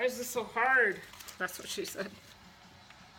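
Someone talks while handling the headrail of a cheap cordless window blind, pushing it up toward a wall-mounted bracket. The speech fades into quiet handling noise, with a faint short tick near 2.9 s. Nothing has seated or clicked into the bracket yet.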